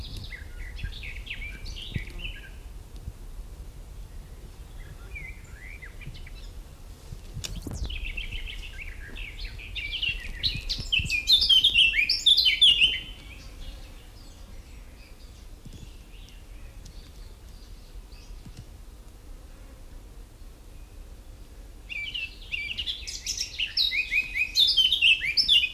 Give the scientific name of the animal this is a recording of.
Sylvia atricapilla